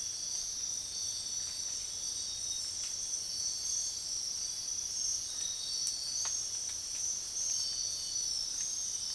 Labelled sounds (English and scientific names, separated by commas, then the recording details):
none
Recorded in dense forest near Puerto Asís, Putumayo, Colombia, on 13 March 2025 at 05:30
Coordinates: 0.503, -76.323
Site GP09